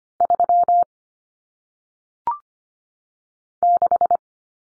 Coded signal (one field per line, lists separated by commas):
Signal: Morse code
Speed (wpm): 25 wpm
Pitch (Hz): 700 Hz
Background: none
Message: 3 6